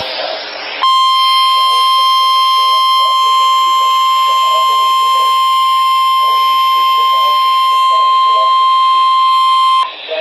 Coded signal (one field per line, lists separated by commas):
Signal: Emergency Alert System (SAME) tones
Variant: 1050 Hz attention tone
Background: speech